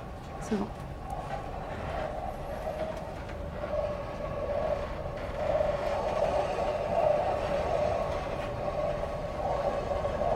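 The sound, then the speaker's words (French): A continuous roaring rush of wind with a steady humming tone running through it, slowly swelling in loudness over about ten seconds without a break, recorded as a spacecraft enters the Martian atmosphere and played back sped up. “On peut l'accélérer. On entend ce vent.”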